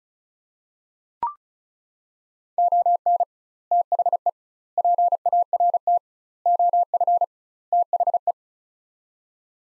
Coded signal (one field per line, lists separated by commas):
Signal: Morse code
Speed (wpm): 36 wpm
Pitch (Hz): 700 Hz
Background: none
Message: ON THE PART OF THE